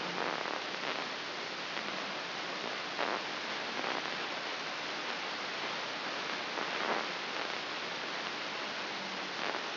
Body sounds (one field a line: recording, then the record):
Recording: brain microelectrode recording played as sound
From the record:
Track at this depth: inside the subthalamic nucleus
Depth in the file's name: 6.508 mm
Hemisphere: left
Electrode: 3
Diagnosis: Parkinson's disease